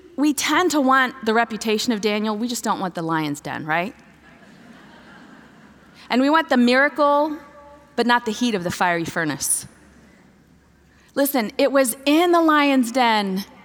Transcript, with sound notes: we tend to want the reputation of Daniel, we just don’t want the lion’s den, right? (laughter) And we want the miracle, but not the heat of the fiery furnace. Listen, it was in the lion’s den